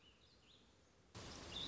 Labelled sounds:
Warbling Vireo
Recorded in Sonoma County, California

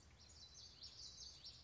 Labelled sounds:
Common Yellowthroat
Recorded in Sonoma County, California

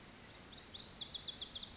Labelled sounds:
Lazuli Bunting
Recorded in Sonoma County, California

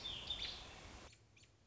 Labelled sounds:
American Robin
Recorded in Sonoma County, California

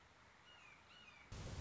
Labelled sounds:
Red-shouldered Hawk
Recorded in Sonoma County, California

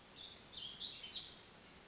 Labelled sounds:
Warbling Vireo
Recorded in Sonoma County, California

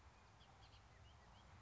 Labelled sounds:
Bullock's Oriole
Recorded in Sonoma County, California

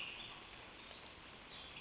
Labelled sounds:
Western Tanager
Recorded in Sonoma County, California

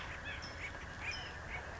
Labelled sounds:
California Towhee
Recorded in Sonoma County, California

